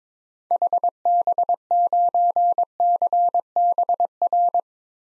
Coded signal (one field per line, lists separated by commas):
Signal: Morse code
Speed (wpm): 22 wpm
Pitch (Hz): 700 Hz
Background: none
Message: HB9CBR